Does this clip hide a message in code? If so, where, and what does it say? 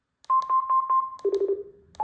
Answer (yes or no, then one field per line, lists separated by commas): no